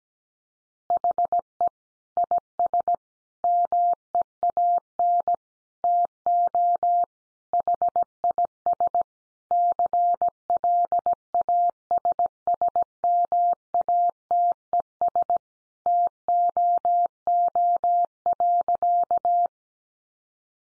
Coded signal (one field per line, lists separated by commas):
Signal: Morse code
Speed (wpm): 17 wpm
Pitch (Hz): 700 Hz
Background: none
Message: HE IS MEAN TO HIS CLASSMATES TOO.